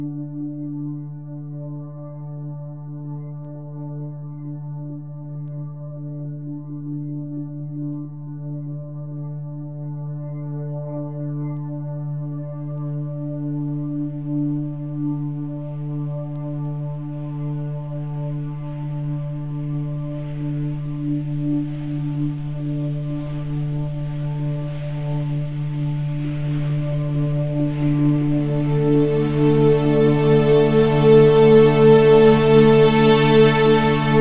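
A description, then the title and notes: A steady, low humming drone for leaving a planet and meeting an orbiting GSV slowly swells louder and brighter, gaining a shimmering upper layer near the end. The sound of leaving a planet and meeting an orbiting GSV.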